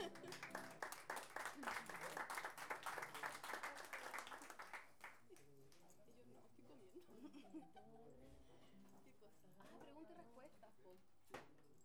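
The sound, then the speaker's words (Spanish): A crowd bursts into loud, dense clapping for the women for about five seconds, then the applause dies away and people's voices carry on talking. “Aplauso para las mujeres para allá.”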